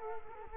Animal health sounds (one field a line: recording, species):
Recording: mosquito wingbeat signal from an infrared sensor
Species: Culex quinquefasciatus